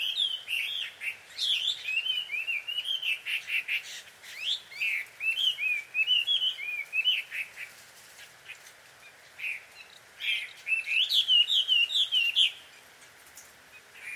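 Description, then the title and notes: Bird chattering calls, squeaky rising and falling notes strung in quick uneven bursts, with a short pause midway before the chatter resumes. Birds described as a quarrelling couple, heard at dusk; field recording made in Takao, Japan. "鳥の夫婦喧嘩 – Birds Quarrel At Dusk. Recorded in Takao Japan"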